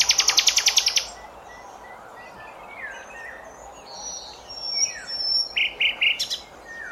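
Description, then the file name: Common nightingale song: a rapid run of repeated sharp notes, then thin whistles and a stuttering series of quick notes. "Luscinia megarhynchos"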